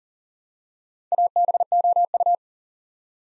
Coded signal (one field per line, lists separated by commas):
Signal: Morse code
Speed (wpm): 41 wpm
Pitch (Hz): 700 Hz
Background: none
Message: ABOU